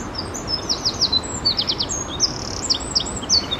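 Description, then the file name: Eurasian wren song: a rapid, high-pitched run of sharp notes and short buzzy trills, tumbling over nearly four seconds above a steady low rushing background noise. "Troglodytes troglodytes"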